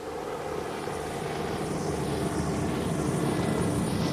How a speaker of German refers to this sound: Soweit das Auge reicht, sieht man russische Hubschrauber. Dicht wie schwarze Heuschreckenschwärme kommen sie auf uns zu. Doch bewegen sie sich parallel zur Grenze.